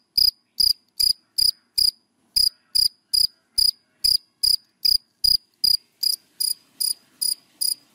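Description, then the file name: Cricket chirping rhythmically, clean high pulses about every half second, with a short pause near two seconds. Crickets calling, given by the Vietnamese names dế mèn, dế cơm and dế than. "Tieng de men de com de than keu"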